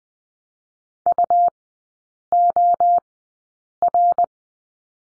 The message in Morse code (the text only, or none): UOR